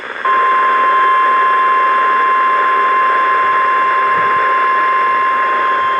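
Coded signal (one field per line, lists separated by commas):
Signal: Emergency Alert System (SAME) tones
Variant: 1050 Hz attention tone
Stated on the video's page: Real Tornado Warning EAS alerts from NOAA Weather Radio transmitters.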